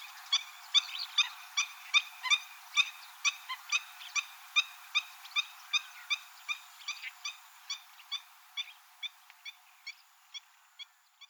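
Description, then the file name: Black-winged stilt calls, a steady run of sharp, nasal yelping notes repeated more than twice a second, gradually growing fainter toward the end. Recorded in Hyogo, Japan, in February 2007. "seitaka hyogo kuroda"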